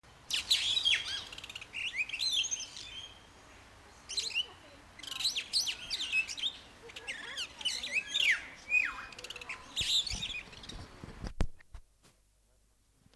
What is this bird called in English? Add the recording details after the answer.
Superb Starling. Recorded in captivity. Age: adult. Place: Tiergarten Wilhelma/Stuttgart, Baden-Württemberg, DE. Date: 2002-10-05 13:30. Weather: fair, 15°C. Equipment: Nagra SN, Kopie Uher 4000 Report Monitor. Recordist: Tembrock, Günter. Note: Gesang